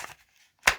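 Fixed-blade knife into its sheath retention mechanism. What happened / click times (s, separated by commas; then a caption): The blade locked into the sheath's retention / 0.7 s. A Coast F401 1919 fixed-blade knife is slid spine-first down into its lined sheath. A faint scrape is followed by a sharp click at 0.7 s as the knife locks into the sheath's retention mechanism and is seated.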